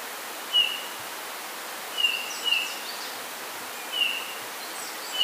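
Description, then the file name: Eurasian bullfinch calling with brief, mellow piped notes, one quick pair among them, at irregular intervals over a background hiss, with faint high twitters from other birds. "Pyrrhula pyrrhula"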